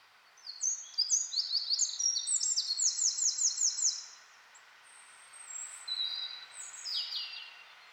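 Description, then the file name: Eurasian wren singing a vigorous burst of high, tinkling notes and a quick buzzy trill, followed by a few softer high notes. "Troglodytes troglodytes"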